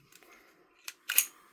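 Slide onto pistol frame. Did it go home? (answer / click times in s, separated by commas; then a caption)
yes / 1.2 s. On a second try, the slide is slid back onto the frame of an EMG VFC Strike Industries SMP airsoft pistol. After a few faint ticks and a short scrape near 0.9 s, a sharp, bright clack rings out at 1.2 s as the slide seats properly on the frame.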